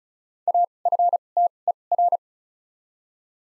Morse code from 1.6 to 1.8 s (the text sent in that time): E